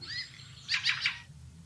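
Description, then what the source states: Fieldfare flight call: a quick harsh chattering of three rough notes. Call given when flying over houses.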